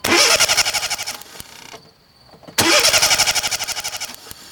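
A car engine cranks in two loud, rapid rhythmic bursts, the starter churning without the motor catching, separated by a brief quiet pause with a faint high whine.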